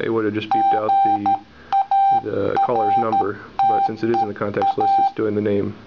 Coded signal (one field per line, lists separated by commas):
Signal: Morse code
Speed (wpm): 13 wpm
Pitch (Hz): 790 Hz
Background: speech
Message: GARTEA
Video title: MorseRing v1 - Intelligent Morse Code Ringtone for Android